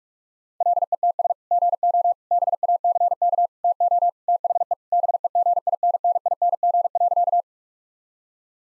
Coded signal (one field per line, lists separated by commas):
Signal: Morse code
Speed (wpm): 42 wpm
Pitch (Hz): 700 Hz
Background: none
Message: LETS GO BACK TO THE BEGINNING.